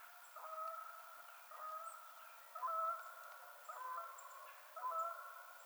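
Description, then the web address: Canada goose giving loud nasal honks in uneven bursts, with some calls overlapping as if from more than one bird. Recorded 21 March 2007. "Canada Goose 2007 03 21"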